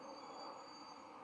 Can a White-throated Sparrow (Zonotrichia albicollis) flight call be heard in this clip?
no